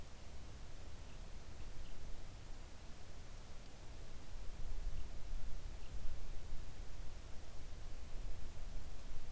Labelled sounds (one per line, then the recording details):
songbird
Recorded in the Arctic National Wildlife Refuge, Alaska, on 3 August 2019 at 06:11
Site 41